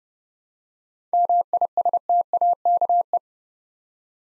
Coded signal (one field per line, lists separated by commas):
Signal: Morse code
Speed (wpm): 30 wpm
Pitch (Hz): 700 Hz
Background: none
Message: MISTAKE